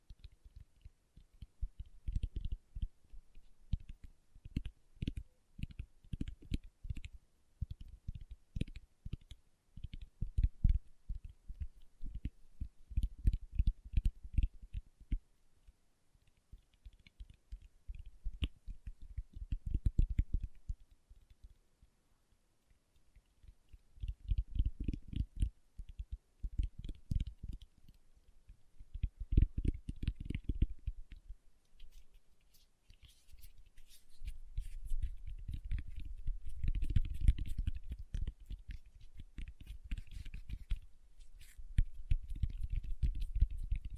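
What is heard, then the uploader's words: Fingertips tap in quick, dense bursts, soft and low with a light clicky edge, starting and stopping every few seconds. Early runs are crisp and separated; later, from about 33 seconds, the tapping blurs into a fuller, continuous patter with brighter scratchy ticks on top. ASMR Tapping with Fingertips (No Talking).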